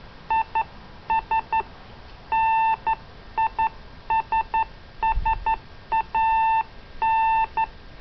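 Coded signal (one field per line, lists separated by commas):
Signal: Morse code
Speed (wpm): 12 wpm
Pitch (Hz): 890 Hz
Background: none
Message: IS NISSAN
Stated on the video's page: Morse keyed with a homemade CW key built from a trailer hitch.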